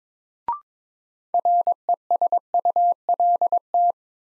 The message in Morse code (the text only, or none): RESULT